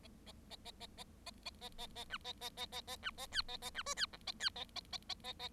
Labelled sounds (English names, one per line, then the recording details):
Bengalese Finch song
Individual Bird7